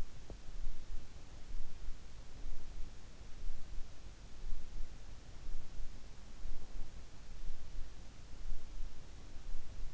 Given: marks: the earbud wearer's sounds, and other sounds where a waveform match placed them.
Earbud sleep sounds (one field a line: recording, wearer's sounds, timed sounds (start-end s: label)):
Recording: sounds in sleep by an in-ear microphone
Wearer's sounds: teeth grinding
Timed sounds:
0.00-0.51 s: teeth grinding